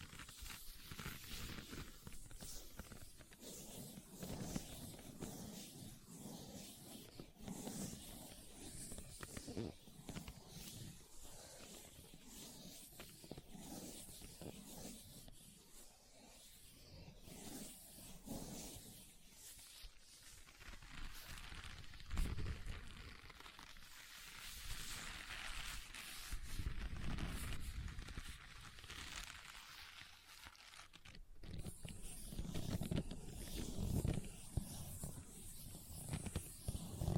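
Leather being tapped and scratched, a dense run of small rubbing strokes and soft taps with no long pauses. A dry, hissy scraping texture sits on top of low thuds, growing louder and busier after about twenty seconds and peaking near the end.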